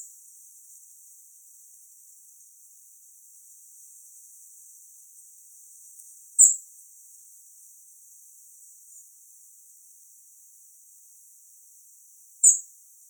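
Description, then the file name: European robin calls, two brief high-pitched thin notes about six seconds apart against quiet hiss. "Erithacus rubecula"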